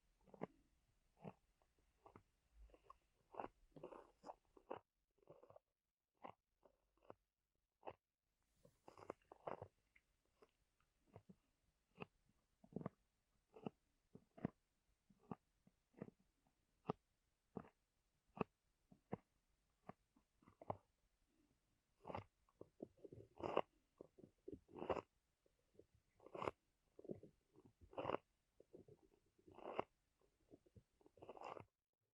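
Dry rubbing and squishing sounds from an ear massage with pineapple, made of short crackling bursts that come every half second or so. The strokes vary slightly in pitch and strength and grow a bit louder and denser after twenty seconds, against a quiet, still background.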